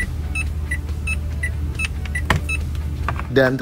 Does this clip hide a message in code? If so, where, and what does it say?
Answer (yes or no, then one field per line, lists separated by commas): no